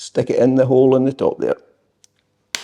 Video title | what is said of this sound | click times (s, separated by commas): Triumph Bonneville SE 865 - Air Injection Removal | And that's it. It's snapped into place | 2.6 s